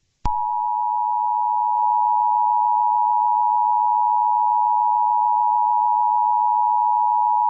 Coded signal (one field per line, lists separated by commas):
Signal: Emergency Alert System (SAME) tones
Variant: 853 and 960 Hz attention tone